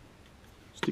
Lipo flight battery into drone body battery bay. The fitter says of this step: side first clicks in place to remove it just pull these leave